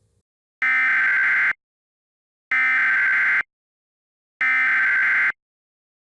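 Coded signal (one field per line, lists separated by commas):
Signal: Emergency Alert System (SAME) tones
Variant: header bursts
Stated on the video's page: EAS SAME tones in a fictional scenario film, a simulated alert rather than a real broadcast.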